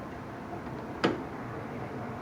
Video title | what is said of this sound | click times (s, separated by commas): DIY A/C Not Cooling (=High Pressure Hose Leak) Diagnostics & Replacement. Without Removing The Grill | clicked into place it's locked | 1.0 s